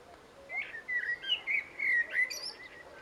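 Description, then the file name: Eurasian blackbird giving a run of mellow, fluty warbled notes that wobble up and down in pitch, finished with a thin, high twittering flourish. "Turdus merula"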